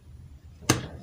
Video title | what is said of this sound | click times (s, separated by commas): VIYA DIFUSER CUMA HIDUP SEBENTAR | bunyi cetek gitu | 0.7 s